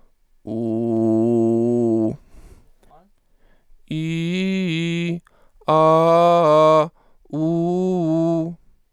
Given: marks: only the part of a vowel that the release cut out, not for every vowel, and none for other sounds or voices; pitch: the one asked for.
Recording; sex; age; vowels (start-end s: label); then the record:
sustained vowels; male; 30 to 39 years
0.60-1.98 s: vowel /u/, low pitch
3.98-5.07 s: vowel /i/, low-high-low pitch
5.75-6.77 s: vowel /a/, low-high-low pitch
7.43-8.39 s: vowel /u/, low-high-low pitch
From the record:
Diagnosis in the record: mutational falsetto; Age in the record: 35 years